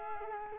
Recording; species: mosquito wingbeat signal from an infrared sensor; Culex quinquefasciatus